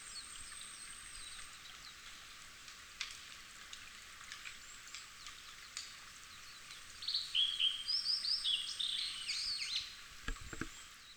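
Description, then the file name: Blue-and-white flycatcher song: after several seconds of steady hiss, a burst of clear, varied whistled phrases comes late, lasting about three seconds. "ooruri"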